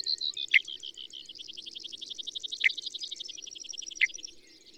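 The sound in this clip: Bird song: a fast, even rattling trill of high notes, broken by three sharp downward-sweeping chips.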